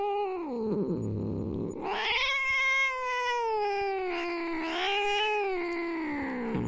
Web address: cat growl